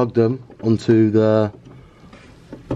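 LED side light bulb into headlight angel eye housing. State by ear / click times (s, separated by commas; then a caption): seated / 2.7 s. An LED angel eye side light bulb is fitted into the plastic headlight housing of a BMW E39/E53 while someone talks for the first second and a half. After a few soft handling noises, a short, sharp click at 2.7 s marks the bulb locking in place.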